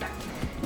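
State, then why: Not seated. An unidentified part is being pressed into a fixture in a cabin, but it fails to click in, and nothing has seated yet. Low, muffled handling noise runs through the clip, ending in a brief knock at about 0.7 s.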